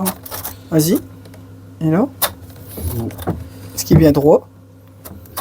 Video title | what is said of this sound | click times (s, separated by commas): MARRE DU CALCAIRE, ON INSTALLE UN ADOUCISSEUR DANS NOTRE MAISON ! iSpring Water Systems | Attends, j'ai l'impression qu'il baille là. Ouais, parce qu'il est pas clipsé. | none